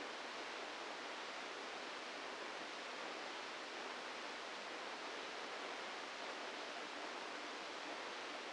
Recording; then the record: brain microelectrode recording played as sound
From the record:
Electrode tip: inside the subthalamic nucleus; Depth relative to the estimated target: 0 mm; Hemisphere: left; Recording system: NeuroSet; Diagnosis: Parkinson's disease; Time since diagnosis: 27 years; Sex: male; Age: 62 years